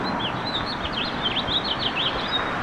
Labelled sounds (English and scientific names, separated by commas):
House Finch (Haemorhous mexicanus) song